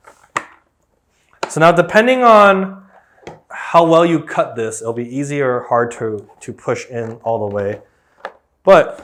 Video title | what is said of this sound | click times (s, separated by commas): Making your own custom tail lights! GD Angel Wings DIY install! (Part 6) | in my case it kind of just snaps into place and it's very nice to deal with so | 0.4 s, 1.4 s